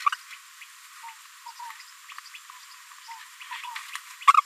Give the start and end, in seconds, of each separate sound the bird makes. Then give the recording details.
1.46-1.52, 3.10-3.13, 3.51-3.67, 4.27-4.41. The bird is a female. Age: 22 days. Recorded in a nest box in Venezuela. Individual 17B73B3